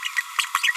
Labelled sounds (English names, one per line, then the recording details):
Green-rumped Parrotlet babbling
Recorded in a nest box in Venezuela
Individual 18B25A4